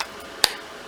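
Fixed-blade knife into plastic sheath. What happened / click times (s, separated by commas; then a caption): The blade snapped into the sheath lock / 0.4 s. A K-Bar fixed-blade knife is pushed into a rigid Kydex plastic sheath made by K-Bar for K-Bars, a sheath that takes a 5 to 10 pound pull to remove. After a faint tick at the start and low background hiss, a single sharp, bright broadband snap sounds at 0.4 s as the knife locks in. The knife is seated and locked in the sheath.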